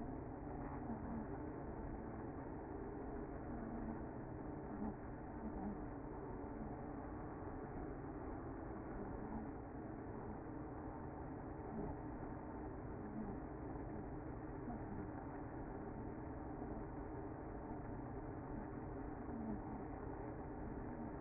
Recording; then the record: honeybee colony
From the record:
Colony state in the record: active